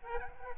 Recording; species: mosquito wingbeat signal from an infrared sensor; Aedes albopictus